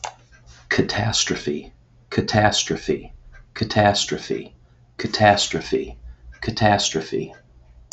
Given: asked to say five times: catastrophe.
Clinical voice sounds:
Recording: repeated word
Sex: male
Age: 40 to 49 years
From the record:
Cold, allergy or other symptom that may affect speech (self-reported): no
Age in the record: 40 years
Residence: Michigan, United States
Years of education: 18

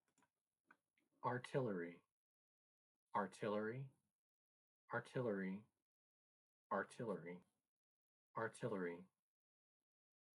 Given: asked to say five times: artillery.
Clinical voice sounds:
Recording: repeated word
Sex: male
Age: 30 to 39 years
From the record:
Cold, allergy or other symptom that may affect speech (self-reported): no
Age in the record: 35 years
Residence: California, United States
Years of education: 24

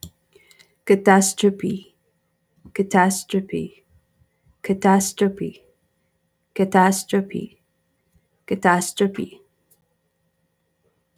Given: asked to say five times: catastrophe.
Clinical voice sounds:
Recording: repeated word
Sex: female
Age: 40 to 49 years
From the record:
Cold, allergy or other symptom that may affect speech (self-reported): no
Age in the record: 45 years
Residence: North Dakota, United States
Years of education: 14

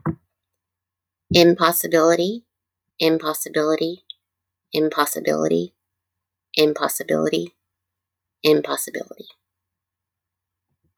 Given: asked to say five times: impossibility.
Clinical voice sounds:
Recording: repeated word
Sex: female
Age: 50 to 59 years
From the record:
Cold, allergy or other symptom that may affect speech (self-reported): no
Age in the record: 50 years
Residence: Oklahoma, United States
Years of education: 18

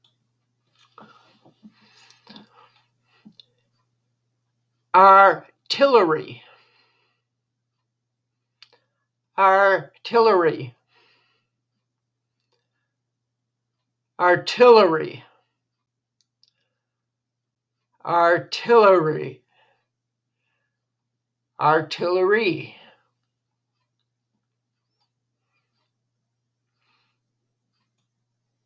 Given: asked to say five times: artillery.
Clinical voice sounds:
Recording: repeated word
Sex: female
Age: 80 to 89 years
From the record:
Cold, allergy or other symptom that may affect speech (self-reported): no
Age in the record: 80 years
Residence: Wisconsin, United States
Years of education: 25

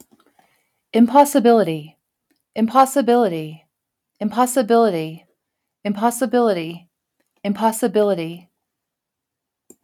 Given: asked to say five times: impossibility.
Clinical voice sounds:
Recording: repeated word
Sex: female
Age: 40 to 49 years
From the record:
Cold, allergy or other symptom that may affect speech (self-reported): no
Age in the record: 45 years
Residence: New Mexico, United States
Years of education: 18

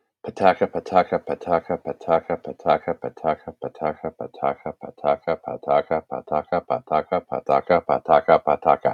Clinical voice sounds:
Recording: repeated syllables /pa ta ka/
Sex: male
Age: 40 to 49 years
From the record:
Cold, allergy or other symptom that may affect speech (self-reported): no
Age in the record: 45 years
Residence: Texas, United States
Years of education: 16

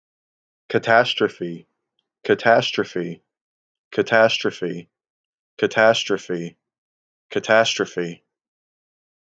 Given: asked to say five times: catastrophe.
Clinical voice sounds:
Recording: repeated word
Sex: male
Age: 30 to 39 years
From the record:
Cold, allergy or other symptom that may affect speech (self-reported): no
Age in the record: 35 years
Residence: Tennessee, United States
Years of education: 13

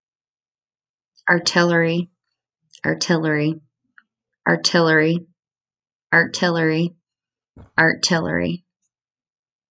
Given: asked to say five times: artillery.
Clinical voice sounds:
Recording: repeated word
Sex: female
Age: 30 to 39 years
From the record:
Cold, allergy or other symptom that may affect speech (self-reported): no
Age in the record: 32 years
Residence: New York, United States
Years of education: 16

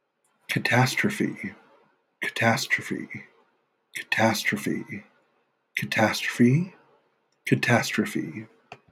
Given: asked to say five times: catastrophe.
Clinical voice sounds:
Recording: repeated word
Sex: male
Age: 30 to 39 years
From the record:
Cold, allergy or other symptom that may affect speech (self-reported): no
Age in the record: 34 years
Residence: Utah, United States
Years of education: 12

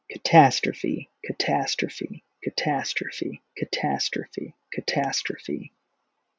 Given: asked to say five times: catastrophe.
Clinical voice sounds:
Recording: repeated word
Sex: male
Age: 30 to 39 years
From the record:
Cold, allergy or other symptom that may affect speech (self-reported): no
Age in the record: 32 years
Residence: Alabama, United States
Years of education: 17

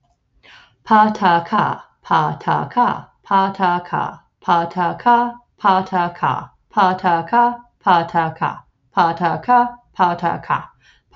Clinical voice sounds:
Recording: repeated syllables /pa ta ka/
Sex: female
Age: 30 to 39 years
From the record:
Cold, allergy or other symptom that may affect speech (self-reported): no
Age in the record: 34 years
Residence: United States

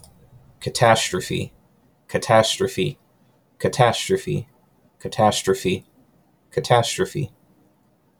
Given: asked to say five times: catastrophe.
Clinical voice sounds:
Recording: repeated word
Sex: male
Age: 20 to 29 years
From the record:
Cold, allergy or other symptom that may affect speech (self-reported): no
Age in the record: 27 years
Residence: Florida, United States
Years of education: 14

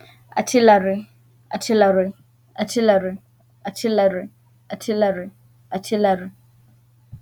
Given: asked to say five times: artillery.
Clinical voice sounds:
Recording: repeated word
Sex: female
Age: 20 to 29 years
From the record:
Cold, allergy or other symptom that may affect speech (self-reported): no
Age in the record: 29 years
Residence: California, United States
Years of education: 16

